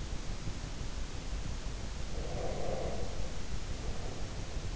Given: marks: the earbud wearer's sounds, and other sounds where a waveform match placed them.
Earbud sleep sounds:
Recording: sounds in sleep by an in-ear microphone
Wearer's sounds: breath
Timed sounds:
2.19-4.66 s: breath

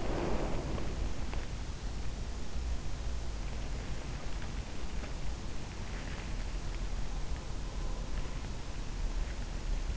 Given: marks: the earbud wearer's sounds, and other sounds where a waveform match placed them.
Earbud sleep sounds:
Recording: sounds in sleep by an in-ear microphone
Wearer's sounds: breath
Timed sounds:
0.00-1.01 s: breath

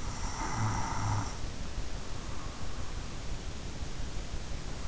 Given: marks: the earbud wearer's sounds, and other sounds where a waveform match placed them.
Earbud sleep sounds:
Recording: sounds in sleep by an in-ear microphone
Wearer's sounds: snoring breath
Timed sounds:
0.09-3.33 s: snoring breath

